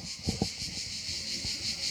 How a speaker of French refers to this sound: C'est... Comment ça s'appelle encore ? C'est pas les grillons, hein. Cigale. Cigale. On est dans le midi.